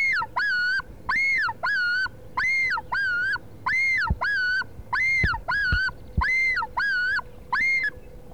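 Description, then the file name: Common loon calling in a long run of ringing, arched notes repeated steadily. "Loon Piper LBearskin"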